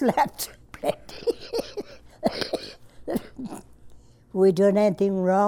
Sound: coughs/Laughs

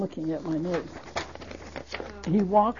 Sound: shuffles papers

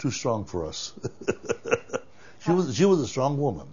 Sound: he laughs

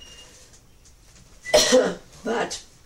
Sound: coughs

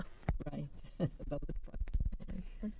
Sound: chuckles

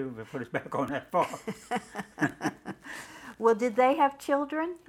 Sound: laughs

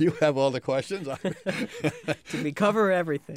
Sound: chuckles

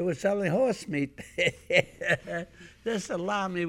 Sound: he laughs

